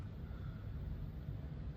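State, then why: Not seated. A gauge needle is being fitted loosely onto the motor stem of a 2005-2010 Scion tC instrument cluster during an LED gauge-face conversion, lined up on the stem without being pressed in. Only a steady low rumble is heard, with no distinct handling sounds. Nothing has seated or clicked yet.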